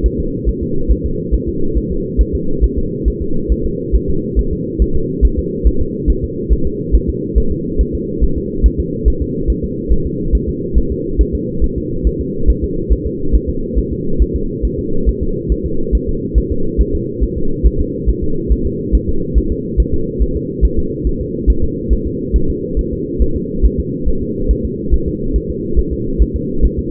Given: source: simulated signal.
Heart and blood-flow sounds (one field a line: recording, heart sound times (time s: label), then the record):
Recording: fetal heart sounds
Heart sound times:
0.06 s: S1
0.20 s: S2
0.49 s: S1
0.63 s: S2
0.91 s: S1
1.06 s: S2
1.34 s: S1
1.48 s: S2
1.77 s: S1
1.92 s: S2
2.21 s: S1
2.35 s: S2
2.64 s: S1
2.78 s: S2
3.08 s: S1
3.22 s: S2
3.52 s: S1
3.66 s: S2
3.95 s: S1
4.10 s: S2
4.39 s: S1
4.53 s: S2
4.82 s: S1
4.96 s: S2
5.25 s: S1
5.39 s: S2
5.67 s: S1
5.81 s: S2
6.10 s: S1
6.24 s: S2
6.52 s: S1
6.67 s: S2
6.95 s: S1
7.09 s: S2
7.38 s: S1
7.52 s: S2
7.81 s: S1
7.95 s: S2
8.24 s: S1
8.38 s: S2
8.66 s: S1
8.80 s: S2
9.08 s: S1
9.22 s: S2
9.50 s: S1
9.64 s: S2
9.92 s: S1
10.06 s: S2
10.35 s: S1
10.49 s: S2
10.78 s: S1
10.92 s: S2
11.21 s: S1
11.35 s: S2
11.64 s: S1
11.78 s: S2
12.07 s: S1
12.21 s: S2
12.50 s: S1
12.64 s: S2
12.92 s: S1
13.07 s: S2
13.35 s: S1
13.50 s: S2
13.78 s: S1
13.93 s: S2
14.22 s: S1
14.36 s: S2
14.65 s: S1
14.79 s: S2
15.09 s: S1
15.23 s: S2
15.52 s: S1
15.66 s: S2
15.95 s: S1
16.09 s: S2
16.38 s: S1
16.52 s: S2
16.81 s: S1
16.95 s: S2
17.23 s: S1
17.38 s: S2
17.66 s: S1
17.80 s: S2
18.09 s: S1
18.23 s: S2
18.52 s: S1
18.66 s: S2
18.95 s: S1
19.09 s: S2
19.38 s: S1
19.52 s: S2
19.80 s: S1
19.94 s: S2
20.22 s: S1
20.36 s: S2
20.65 s: S1
20.79 s: S2
21.07 s: S1
21.21 s: S2
21.50 s: S1
21.64 s: S2
21.93 s: S1
22.07 s: S2
22.36 s: S1
22.50 s: S2
22.79 s: S1
22.93 s: S2
23.22 s: S1
23.36 s: S2
23.66 s: S1
23.80 s: S2
24.08 s: S1
24.23 s: S2
24.51 s: S1
24.65 s: S2
24.94 s: S1
25.08 s: S2
25.36 s: S1
25.50 s: S2
25.79 s: S1
25.93 s: S2
26.22 s: S1
26.36 s: S2
26.65 s: S1
26.79 s: S2
From the record:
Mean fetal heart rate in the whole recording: 140 bpm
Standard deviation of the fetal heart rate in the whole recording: 2 bpm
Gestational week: 34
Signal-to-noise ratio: -8.1 dB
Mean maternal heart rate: 72 bpm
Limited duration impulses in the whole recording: absent